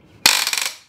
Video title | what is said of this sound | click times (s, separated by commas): Concept2 BikeErg UNBOXING and REVIEW! | you can hear that click. | 0.3 s